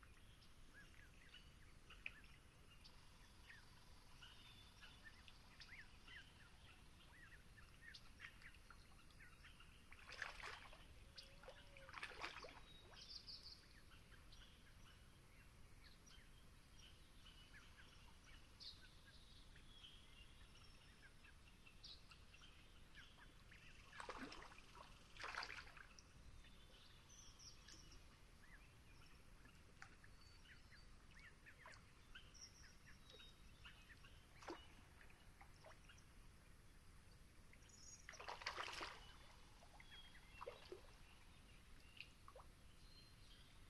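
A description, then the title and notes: Dawn at Long Swamp: a steady low rumble and a faint hiss fill the background throughout. Bright bird calls break through in short bursts, clustered around ten, twenty-five and thirty-eight seconds, with scattered thinner chirps between. Long Swamp, Dawn. I've fallen in love with the mountains of the Okanogan.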